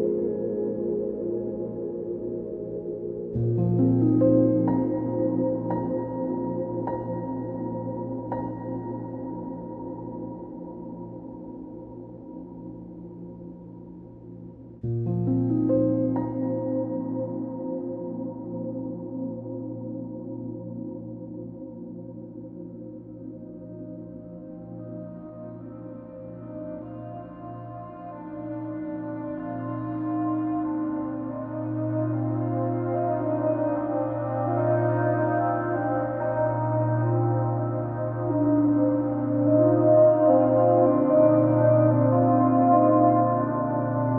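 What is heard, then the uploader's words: A soft upright piano rings out in sustained low chords struck near 4 and 15 seconds, then a busier, brighter melody rises toward the end. As the record spins slowly, it opens a doorway to a soft and nostalgic standup piano.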